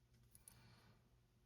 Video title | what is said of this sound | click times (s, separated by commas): Consignment Jewelry! Sterling, Stone, & Unique Jewelry! #jewelrysale | and they're almost 2 and 1/2 Ines this locks into place there | 0.4 s, 0.5 s